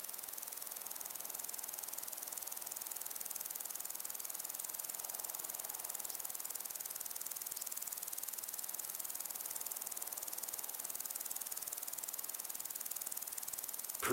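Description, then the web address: Cricket chorus of fine, fast high-pitched pulses running unbroken throughout, with a soft breezy hiss underneath and a sharp knock at the very end. Crickets and other insects in windy long grass. "beanstalk-audio Crickets and insects in windy long grass"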